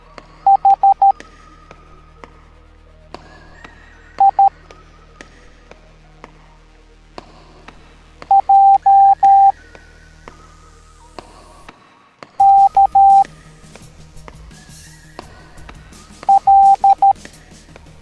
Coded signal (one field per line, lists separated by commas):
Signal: Morse code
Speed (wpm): 13 wpm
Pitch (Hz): 790 Hz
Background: music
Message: H I J K L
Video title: Garfiled Halloween Teaching the Morse Code Alphabet Educational Video for Kids